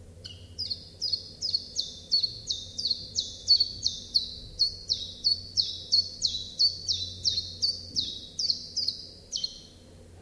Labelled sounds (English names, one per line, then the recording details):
Common Chiffchaff song
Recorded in captivity
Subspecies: collybita
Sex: male
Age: adult
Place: Zoologisches Institut Universität Tübingen, Baden-Württemberg, DE
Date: 1966-04-14 10:45
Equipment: Nagra III PH, MD 421, kleiner englischer Parabolspiegel, LGS26
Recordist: Schneider, Hans-Joachim
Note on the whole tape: Biesinger Straße Nr. 6, 1. Stock, Osteckzimmer. Beschleunigte gewöhnliche Gesänge (Männchen A) mit Zwischenlauten. (Gegen Ende des Bandes schöner Werbegesang) MaAs: M.Sch